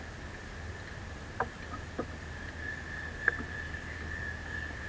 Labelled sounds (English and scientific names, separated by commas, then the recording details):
none
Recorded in secondary vegetation near Puerto Asís, Putumayo, Colombia, on 13 March 2025 at 12:00
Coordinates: 0.498, -76.327
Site G001